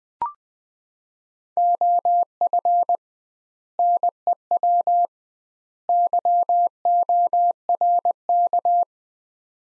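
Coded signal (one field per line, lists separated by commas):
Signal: Morse code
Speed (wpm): 20 wpm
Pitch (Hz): 700 Hz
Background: none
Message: OF NEW YORK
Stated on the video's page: Morse practice at 20 wpm, sets of three words for head-copy, sent with 2x word spacing, a Farnsworth-like approach applied to words.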